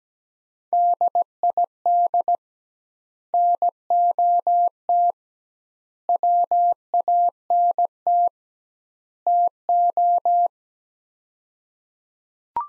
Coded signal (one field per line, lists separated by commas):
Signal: Morse code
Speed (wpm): 17 wpm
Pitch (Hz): 700 Hz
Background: none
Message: DID NOT WANT TO